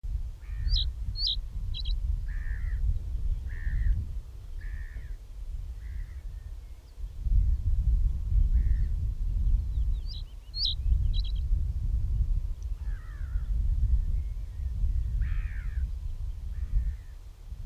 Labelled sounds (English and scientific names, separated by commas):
Reed Bunting (Emberiza schoeniclus) song